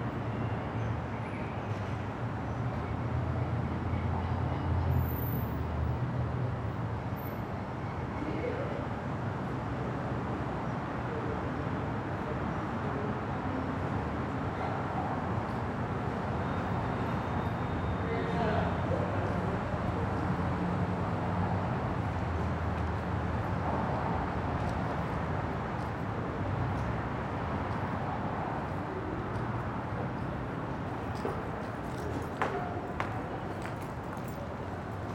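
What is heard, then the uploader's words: Street noise at a building entrance near the street: a steady, dense roar of passing traffic fills all 35 seconds with little change in level. Murmured voices surface now and then, and a few brief clicks and knocks punctuate the constant wash. Building Entrance Near the Street.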